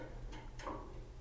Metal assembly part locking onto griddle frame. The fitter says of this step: and I think that it's going to work yep then it locks into place